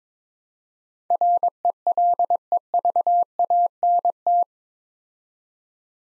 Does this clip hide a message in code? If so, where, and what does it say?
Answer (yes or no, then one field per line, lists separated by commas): yes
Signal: Morse code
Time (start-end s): 1.1-4.4 s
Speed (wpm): 22 wpm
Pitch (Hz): 700 Hz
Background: none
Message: RELEVANT